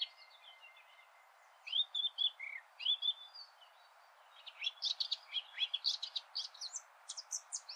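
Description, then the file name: Eurasian blackcap starting with a few slurred, rising whistles, then breaking into a quick, scratchy warbling chatter that grows busier toward the end. "Sylvia atricapilla"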